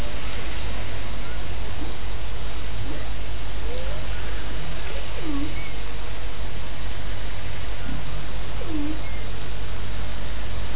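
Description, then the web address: Whale calls: several short tonal swoops, some rising and some falling, scattered through a steady roar of background noise. Recorded off Antigua with boat noise present. "CARIMAM online sound boat noise with whale antigua"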